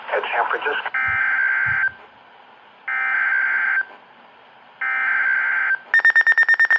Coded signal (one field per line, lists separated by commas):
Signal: Emergency Alert System (SAME) tones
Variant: header bursts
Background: speech